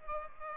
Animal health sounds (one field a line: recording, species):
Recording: mosquito wingbeat signal from an infrared sensor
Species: Culex pipiens